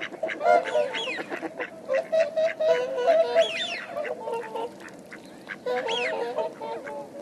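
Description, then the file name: Swans calling in a flock: repeated bugling honks, some drawn out and steady, others short and clipped, mixed with higher squeals. "kamo swan"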